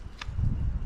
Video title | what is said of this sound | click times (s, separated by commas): The Bear Grylls Ultimate survival knife test and review. #survivalskills #backpackinggear | that's a little click there to hold it in | 0.2 s